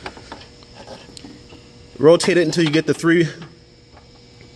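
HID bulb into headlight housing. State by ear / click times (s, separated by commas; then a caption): not seated / none. A xenon HID bulb for a 2013-2015 Honda Accord is handled and positioned at the headlight housing before being rotated to line up its three tabs, with a few light handling ticks in the first second. Someone talks from about 2 to 3.4 seconds. Nothing has seated or locked yet.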